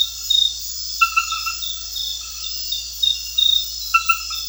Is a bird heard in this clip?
no